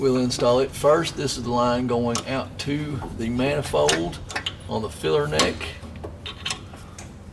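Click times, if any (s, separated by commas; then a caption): none. Someone talks while handling the smallest line, a WAP112-8-8 return fuel line with a quick-connect fitting, for an AirDog II 165 fuel pump install on a Duramax LML; the line runs out to the manifold on the filler neck and is being fitted to the fuel pump manifold fitting. Faint handling taps and knocks come near the end, from about 6.0 to 7.0 s. Nothing has seated or clicked yet.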